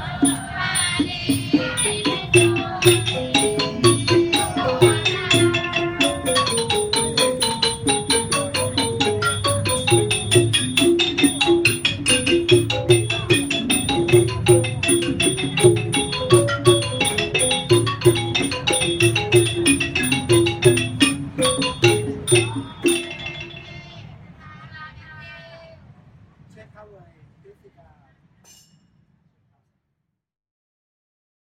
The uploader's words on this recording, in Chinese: 厦门石室禅院，药师如来。